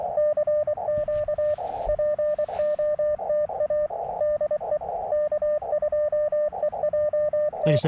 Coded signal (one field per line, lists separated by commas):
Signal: Morse code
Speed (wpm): 23 wpm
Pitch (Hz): 600 Hz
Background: speech, radio noise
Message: CQ POTA DE K2EJT